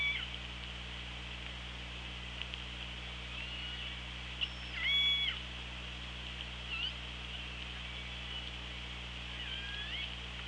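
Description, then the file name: Orca pulsed calls, a few short harmonic upsweeping and falling calls spread throughout over steady low underwater hum and hiss. Recorded on the OrcaLab hydrophone on 24 August 2017 at 16:32. "Orca Lab UTLN JASON 20170824 163210"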